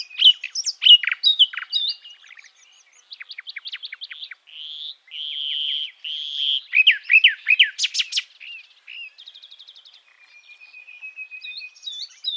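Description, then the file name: Common nightingale song: varied phrases of rapid clicks, pure whistled notes and sweeping trills, with quieter rattling passages. "Luscinia megarhynchos"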